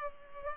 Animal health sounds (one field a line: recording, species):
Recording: mosquito wingbeat signal from an infrared sensor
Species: Culex pipiens